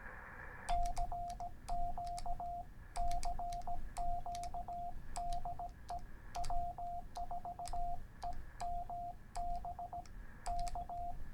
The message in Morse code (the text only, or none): CQ CQ DE W4EMB K